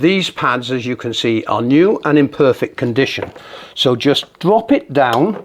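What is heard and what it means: Someone talks while a new plastic drum support pad, in perfect condition, is dropped down onto its two location lugs on the rear bulkhead at the back of a Hotpoint, Indesit or Ariston tumble dryer. No distinct handling sounds stand out over the talking. The clip ends before the pad is pushed away and twisted in to lock, so nothing has seated or clicked yet.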